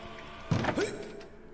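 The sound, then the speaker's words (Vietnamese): A library door opens with one sharp, dull click of the latch, followed by a brief faint creak and then quiet. No one speaks. “Có tiếng mở cửa cạch một cái ở đằng sau lưng.”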